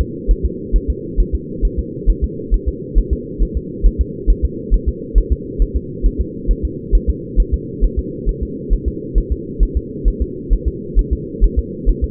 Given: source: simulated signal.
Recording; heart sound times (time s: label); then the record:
fetal heart sounds
0.01 s: S2
0.31 s: S1
0.45 s: S2
0.76 s: S1
0.90 s: S2
1.20 s: S1
1.35 s: S2
1.65 s: S1
1.79 s: S2
2.10 s: S1
2.24 s: S2
2.54 s: S1
2.69 s: S2
2.99 s: S1
3.13 s: S2
3.43 s: S1
3.57 s: S2
3.87 s: S1
4.01 s: S2
4.30 s: S1
4.45 s: S2
4.74 s: S1
4.88 s: S2
5.18 s: S1
5.32 s: S2
5.62 s: S1
5.77 s: S2
6.06 s: S1
6.21 s: S2
6.51 s: S1
6.65 s: S2
6.95 s: S1
7.10 s: S2
7.40 s: S1
7.54 s: S2
7.84 s: S1
7.99 s: S2
8.29 s: S1
8.43 s: S2
8.73 s: S1
8.88 s: S2
9.18 s: S1
9.32 s: S2
9.63 s: S1
9.77 s: S2
10.08 s: S1
10.22 s: S2
10.53 s: S1
10.68 s: S2
10.99 s: S1
11.13 s: S2
11.44 s: S1
11.59 s: S2
11.90 s: S1
12.04 s: S2
From the record:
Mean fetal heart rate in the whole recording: 135 bpm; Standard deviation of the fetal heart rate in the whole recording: 3 bpm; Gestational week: 36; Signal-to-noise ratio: -4.1 dB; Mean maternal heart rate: no maternal heart sound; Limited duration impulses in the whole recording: absent